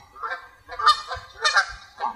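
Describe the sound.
Goose honks: a run of harsh, nasal honks, several within two seconds.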